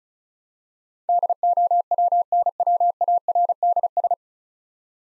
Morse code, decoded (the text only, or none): DOWNWARDS